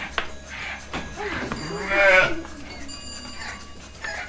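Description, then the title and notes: Sheep giving a drawn-out, rich, quavering bleat halfway through, over low background clatter and faint knocks. Field recording in a sheepfold at Gramaços, Oliveira do Hospital, during the daily milking of about 30 sheep. "ordenha (gramaços, oliveira do hospital). Ovelhas # 2 (Ordenha). gravacao de campo num redil de ovelhas, em gramacos, oliveira do hospital, aquando da ordenha diaria a cerca de 30 ovelhas"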